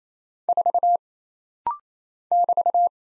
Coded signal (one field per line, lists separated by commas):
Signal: Morse code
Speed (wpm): 27 wpm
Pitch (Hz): 700 Hz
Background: none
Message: 4 <BT>